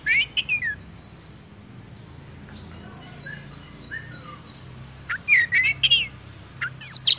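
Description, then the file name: Oriental magpie-robin song: bursts of loud, varied whistled and slurred notes at the start and again after five seconds, separated by a quieter stretch of soft scattered notes. Lure recording (pikat) used for trapping. "suara burung kacer pikat"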